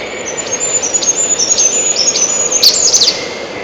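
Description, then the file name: Siberian chiffchaff song: a quick series of short, high, thin notes running steadily throughout, with a few sharper chirps near the end. "пеночка печальная"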